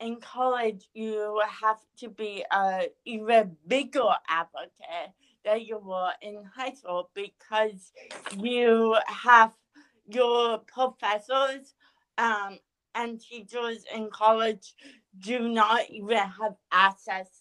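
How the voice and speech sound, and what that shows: An adult woman speaks slowly and effortfully, with drawn-out vowels, frequent pauses, nasal quality and blurred consonants, though her words remain understandable. This is dysarthria due to cerebral palsy, which affects the muscle control of speech.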